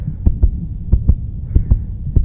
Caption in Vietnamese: Đây là âm thanh của nhịp tim từ một người tài xế xe bus. Sau khi họ bị mắng chửi. Bị xúc phạm và bị hăm dọa.